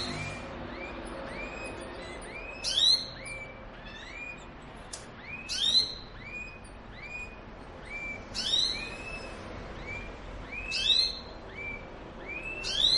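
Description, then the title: Canary song in short bursts: brief rising chirps and buzzy flourishes recur about every two to three seconds over a faint steady hiss. Song meant to warm up other canaries and stimulate singing; described as a mating canary's song. "Canto Para Esquentar Canário Belga. suara kenari kawin"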